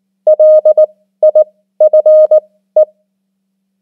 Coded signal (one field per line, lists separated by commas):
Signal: Morse code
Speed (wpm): 19 wpm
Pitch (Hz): 620 Hz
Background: none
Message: LIFE